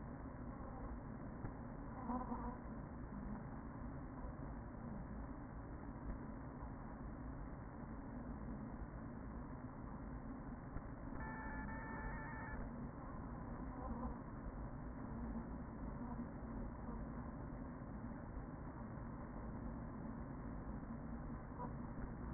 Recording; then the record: honeybee colony, microphone inside the hive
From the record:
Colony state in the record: queen present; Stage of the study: after two queens were removed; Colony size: about 40,000 bees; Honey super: no